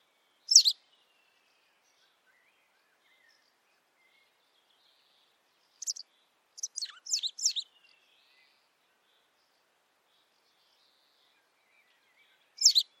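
Bird gives scattered sharp high chirps, a short cluster of rapid notes around seven seconds, then a final chirp, with long quiet gaps.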